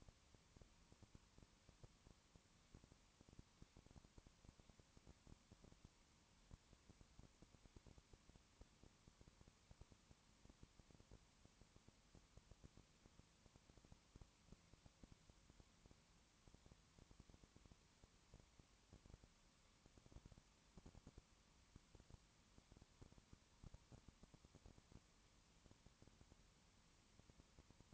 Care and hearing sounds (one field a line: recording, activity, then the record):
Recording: daily activity, microphone in the room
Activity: no activity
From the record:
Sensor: 1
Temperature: 19.7 degrees Celsius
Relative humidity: 40.5%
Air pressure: 1010.7 hPa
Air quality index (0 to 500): 209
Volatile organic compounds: 56 ppm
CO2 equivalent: 3374 ppm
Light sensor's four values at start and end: 1/2/1/1 and 1/2/1/1